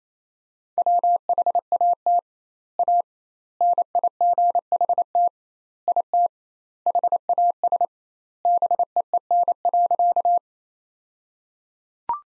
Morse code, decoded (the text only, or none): WHAT A NIGHT IT HAS BEEN.